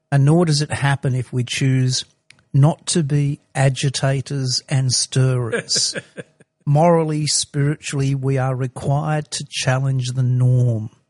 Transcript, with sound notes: And nor does it happen if we choose not to be agitators and stirrers. [laughing] Morally, spiritually, we are required to challenge the norm.